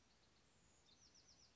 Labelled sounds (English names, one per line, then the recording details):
Bewick's Wren
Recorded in Sonoma County, California